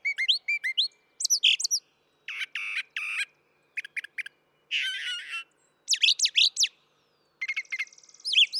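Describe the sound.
Brown thrasher song with rapidly changing phrases: clear chirps, harsh buzzy bursts and sharp slurred notes, separated by brief silences.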